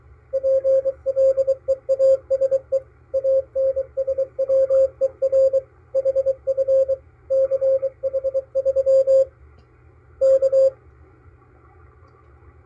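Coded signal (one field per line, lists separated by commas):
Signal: Morse code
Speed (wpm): 22 wpm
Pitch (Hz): 540 Hz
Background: radio noise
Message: PLEASE ANSWER HF CH3 K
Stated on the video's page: KPH San Francisco coast station, received on a MALAHITEAM DSP-2 SDR receiver.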